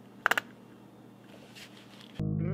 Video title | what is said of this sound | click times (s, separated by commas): Yamaha XT250 Spark Plug Replacement | so if you listen carefully you can hear it snap on and at that point you're pretty much done | 0.3 s, 0.4 s